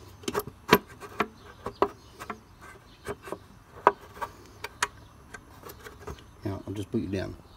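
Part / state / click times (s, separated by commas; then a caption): lock or latch on a motorcycle (part not named) / not seated / none. Someone talks while handling a lock or latch (part not named) on a Kawasaki Vulcan Classic 1500 motorcycle that is for sale, setting something down on the bike. A series of sharp taps and knocks comes through over a low background hum, with the loudest hits around 1.8 s, 3.9 s and 4.8 s. The lock has not clicked shut or seated yet by the end of the clip.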